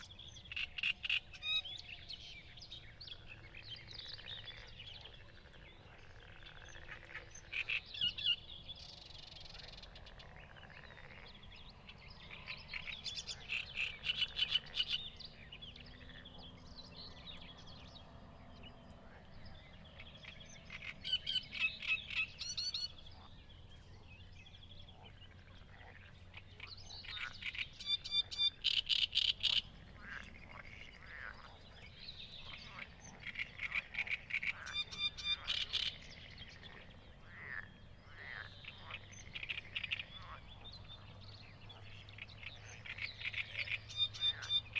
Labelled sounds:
Great Reed Warbler (Acrocephalus arundinaceus) song

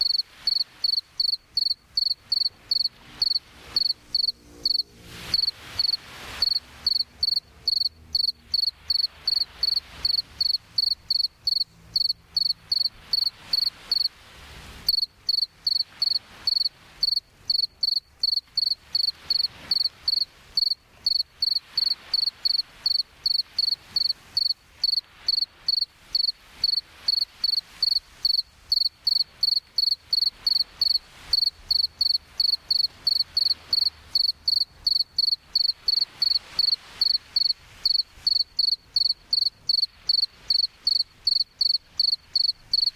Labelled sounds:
Two-spotted Cricket (Gryllus bimaculatus) stridulation

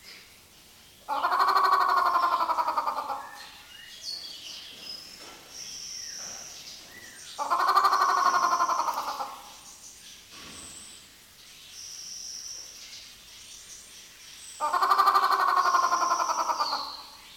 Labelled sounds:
White-rumped Shama (Copsychus malabaricus)

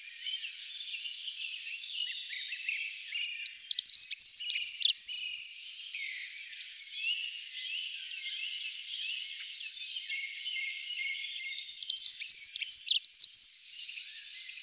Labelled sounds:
Dunnock (Prunella modularis) song

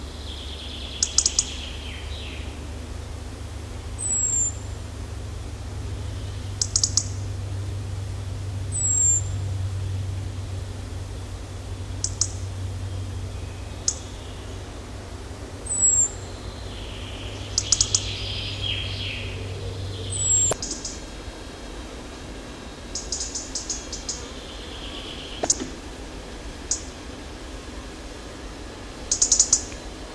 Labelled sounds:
Common Blackbird (Turdus merula)

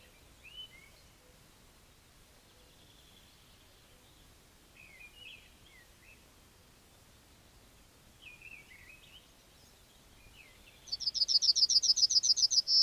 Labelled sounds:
Yellowhammer (Emberiza citrinella) song

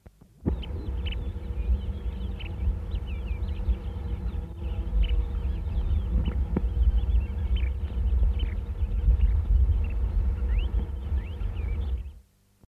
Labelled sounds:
Kentish Plover (Charadrius alexandrinus) call

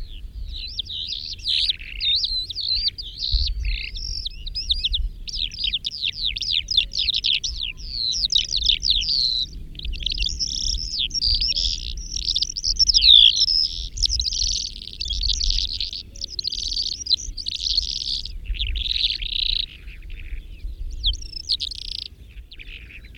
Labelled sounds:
Calandra Lark (Melanocorypha calandra) song

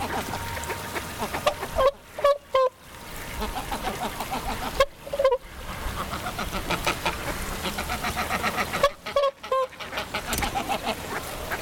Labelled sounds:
Greylag Goose (Anser anser) call

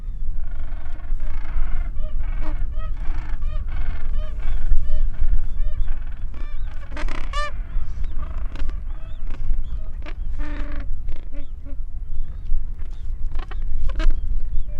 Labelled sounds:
Gentoo Penguin (Pygoscelis papua) call

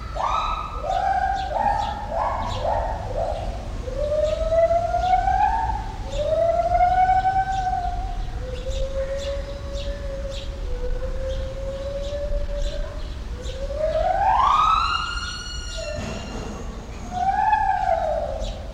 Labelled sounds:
Pileated Gibbon (Hylobates pileatus)

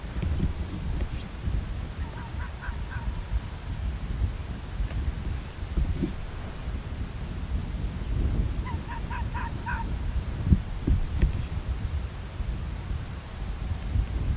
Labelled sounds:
Arctic Fox (Vulpes lagopus)

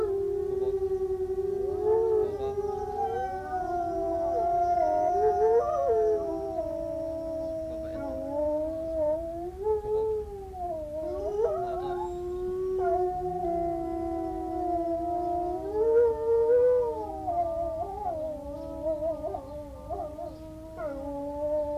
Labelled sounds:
Gray Wolf (Canis lupus) howling

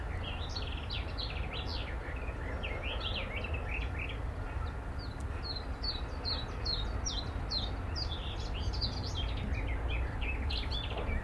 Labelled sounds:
Willow Warbler (Phylloscopus trochilus)

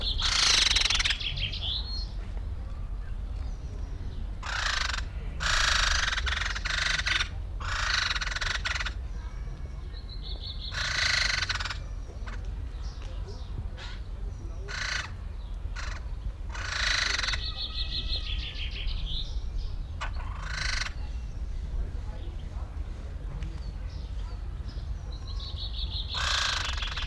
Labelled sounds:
Common Chaffinch (Fringilla coelebs)

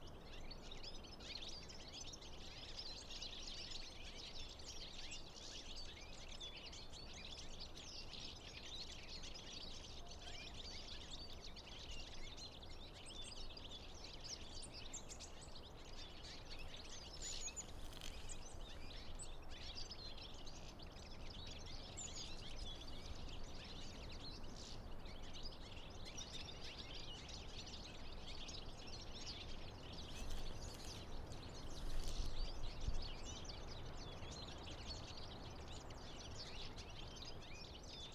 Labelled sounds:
European Goldfinch (Carduelis carduelis) call

